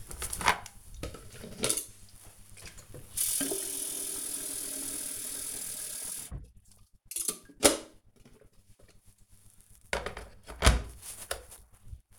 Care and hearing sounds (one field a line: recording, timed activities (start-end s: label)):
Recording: household activities, microphone on the right wrist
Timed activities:
0.00-12.19 s: making tea